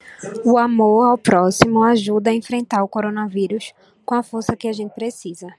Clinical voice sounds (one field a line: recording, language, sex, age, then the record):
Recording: spoken sentence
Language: Brazilian Portuguese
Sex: female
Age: 20 to 29 years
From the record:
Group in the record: control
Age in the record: 22 years